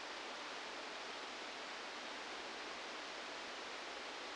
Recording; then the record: brain microelectrode recording played as sound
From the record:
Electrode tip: outside the subthalamic nucleus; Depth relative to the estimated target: 4 mm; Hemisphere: left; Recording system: NeuroSet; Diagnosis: Parkinson's disease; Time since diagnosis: 8 years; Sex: male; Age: 37 years